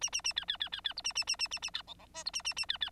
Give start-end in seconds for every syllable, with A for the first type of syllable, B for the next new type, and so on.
0.01-0.10 A, 0.12-0.21 A, 0.24-0.33 A, 0.36-0.45 B, 0.48-0.57 B, 0.60-0.69 B, 0.72-0.81 B, 0.84-0.94 B, 0.96-1.02 C, 1.04-1.13 A, 1.15-1.24 A, 1.27-1.36 A, 1.39-1.48 A, 1.51-1.59 A, 1.62-1.70 A, 1.74-1.82 B, 1.87-1.94 D, 1.99-2.06 D, 2.14-2.24 E, 2.25-2.31 C, 2.33-2.42 A, 2.44-2.54 A, 2.56-2.66 A, 2.68-2.78 B, 2.80-2.90 B